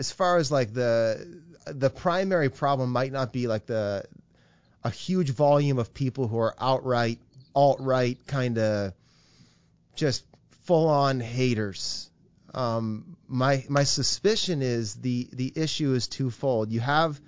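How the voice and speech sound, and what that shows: An adult man speaks in a relaxed, conversational way at a moderate pitch, with several hesitation pauses, fillers like "um" and "kind of", and a few stretched words. Voice is clear and steady, consistent with ordinary fluent speech.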